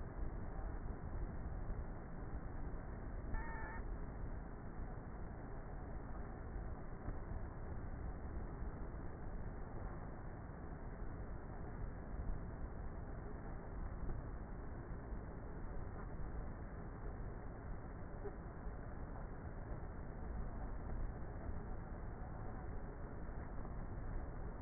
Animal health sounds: honeybee colony, microphone inside the hive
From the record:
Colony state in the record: queenless with a low population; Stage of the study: before two queens were removed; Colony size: about 30,000 bees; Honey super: no

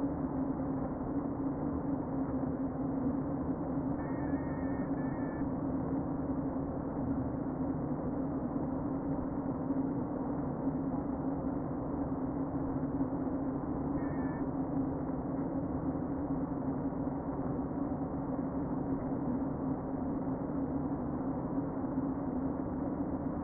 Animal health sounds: honeybee colony, microphone inside the hive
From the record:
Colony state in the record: queen present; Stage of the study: before two queens were removed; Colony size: about 60,000 bees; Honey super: yes

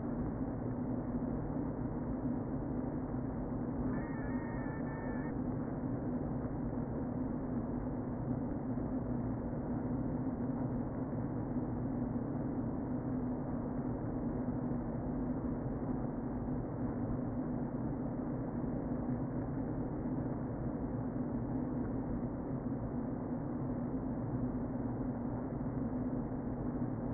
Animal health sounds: honeybee colony, microphone inside the hive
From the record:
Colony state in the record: queen present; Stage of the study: before two queens were removed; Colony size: about 60,000 bees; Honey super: yes

